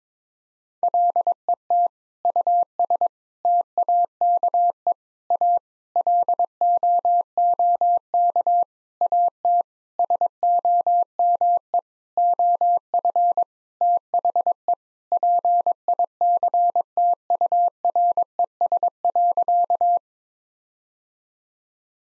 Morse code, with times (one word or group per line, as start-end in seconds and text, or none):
0.8-1.9 LET
2.2-3.1 US
3.5-4.9 TAKE
5.3-5.6 A
6.0-8.6 LOOK
9.0-9.6 AT
10.0-11.8 SOME
12.2-13.4 OF
13.8-14.7 THE
15.1-20.0 PICTURES.